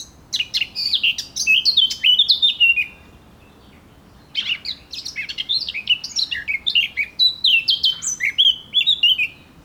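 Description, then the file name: Eurasian blackcap singing two long phrases of fast, varied warbled notes with downward slurs, separated by a short pause; quiet steady background. "Sylvia atricapilla"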